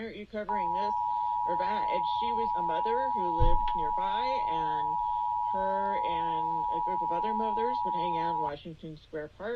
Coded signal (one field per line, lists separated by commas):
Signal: Emergency Alert System (SAME) tones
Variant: 853 and 960 Hz attention tone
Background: speech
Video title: NEW CRITERIA FOUND... EAS Alerts from 8/17/24 (EAS #4,787 - 4,821)